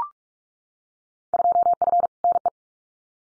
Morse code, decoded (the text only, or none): 2F NE